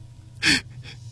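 A sharp, breathy nasal sniff followed a moment later by a second, softer and shorter sniff, with a low steady hum underneath and no talking.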